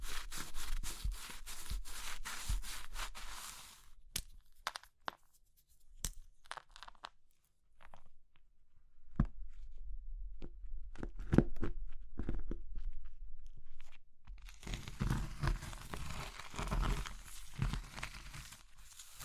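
Brittle materials such as soap, chalk, meringue and pastel are crushed. A dense, bright, gritty crunching fills the first four seconds, then gives way to scattered sharp snaps and cracks separated by silence, before steady crumbling crunches return from about fifteen seconds.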